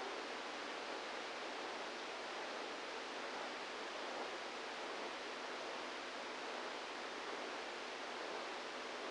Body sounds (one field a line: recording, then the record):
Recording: brain microelectrode recording played as sound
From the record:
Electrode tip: inside the subthalamic nucleus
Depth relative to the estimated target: 0 mm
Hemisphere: right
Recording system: NeuroSet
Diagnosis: Parkinson's disease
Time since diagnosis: 27 years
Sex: male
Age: 62 years